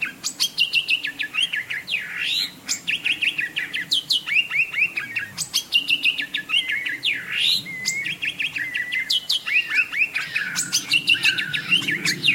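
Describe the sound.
Bird song of quick chirps, trills and sharp V-shaped sweeps, in repeated phrases throughout with hardly a pause, over a low steady hum.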